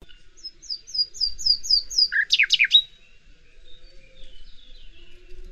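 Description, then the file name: Common nightingale song: a run of quick, high repeated notes, then a loud burst of harsh, rattling chirps, followed by fainter, softer phrases. "Luscinia megarhynchos"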